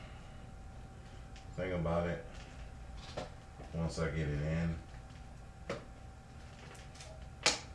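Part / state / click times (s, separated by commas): memory module into motherboard slot / seated / 7.5 s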